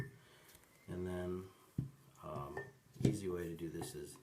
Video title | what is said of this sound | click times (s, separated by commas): How To Repair a Young Living Rainstone Diffuser | go ahead and plug that right in till it clicks | 0.0 s